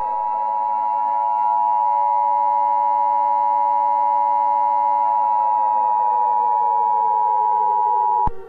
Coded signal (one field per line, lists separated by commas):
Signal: Emergency Alert System (SAME) tones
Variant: 853 and 960 Hz attention tone